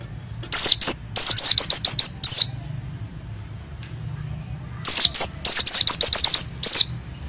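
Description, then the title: Oriental white-eye singing two fast bursts of thin, high whistles, each note dropping in pitch, separated by a few seconds of quiet. Oriental white-eye of the dakun type from East Java, forest-type bird owned by om Doddy of Cikarang, singing actively in a rolling song, a contest-champion candidate. "burung pleci dakun jatim ngalas ngerol gacor calon juara(milik om doddy cikarang)"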